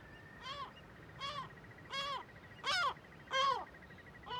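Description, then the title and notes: Gull alarm calls, loud nasal yelping notes given singly about every two-thirds of a second, with a faint chattering trill running underneath. "Le Palais des mouettes . Grand Cirque . Kunoy, Îles Féroé. Iles Féroé, KUNOY, nous sommes au dessus la forêt de Viðarlundin í Kunoy, le Cirque est énorme et les mouettes et autres oiseaux se mettent en alerte"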